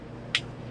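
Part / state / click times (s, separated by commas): folding whisk wires locking into the handle collar / seated / 0.4 s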